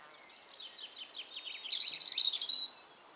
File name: Erithacus rubecula 240917